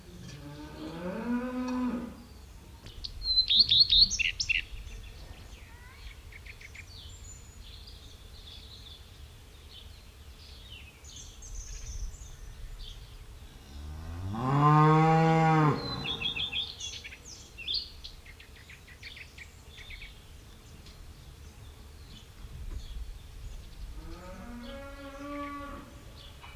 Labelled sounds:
Common Redstart (Phoenicurus phoenicurus) song

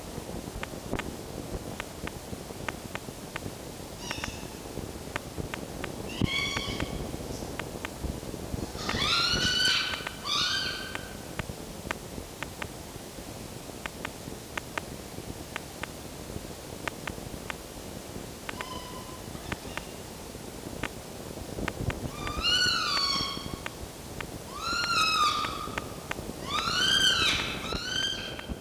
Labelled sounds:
Red Fox (Vulpes vulpes)

